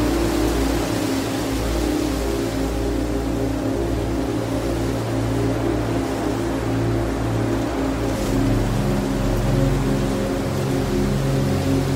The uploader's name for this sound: relaxing wind sounds blowing in fields with 432 Hz relaxing music